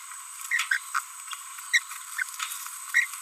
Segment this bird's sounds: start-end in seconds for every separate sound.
0.51-0.65, 0.71-0.78, 1.74-1.79, 2.17-2.23, 2.94-3.05